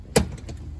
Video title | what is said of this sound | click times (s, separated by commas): 2023 Evolution Classic 2 Pro Lithium Golf Cart Virtual Test Drive | till it clicks. It will lock. | 0.2 s